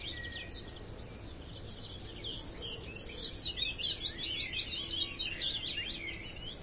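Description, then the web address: Woodland birds in chorus, scattered high chirps building into a quick, pulsing series of sharp notes in the second half, other birds twittering behind. Dawn chorus in woodland. "dawn chorus woodland atmosphere"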